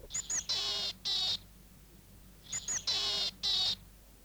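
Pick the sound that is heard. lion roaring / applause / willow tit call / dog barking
willow tit call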